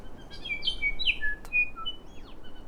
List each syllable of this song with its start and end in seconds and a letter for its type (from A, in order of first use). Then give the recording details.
0.02-0.09 A, 0.16-0.23 A, 0.30-0.36 B, 0.40-0.58 C, 0.61-0.69 D, 0.78-0.90 E, 0.98-1.10 F, 1.19-1.34 G, 1.49-1.64 H, 1.75-1.91 I, 2.01-2.33 J, 2.43-2.50 A, 2.54-2.63 A. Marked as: Stutter(decurved), Stutter(alarmy), Nailpolish, Down(notched), Pipe(hi+tinystepup4), Down(CUV1), Pipe(G#[6]+), Pipe(D[7]+), Stepup(CUV1), CUVsqueak. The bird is a female. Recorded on Cuvier Island, New Zealand, on 4 November 2016. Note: StutterTypCuv